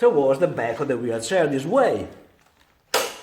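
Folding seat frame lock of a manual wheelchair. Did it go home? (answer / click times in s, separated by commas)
yes / 2.9 s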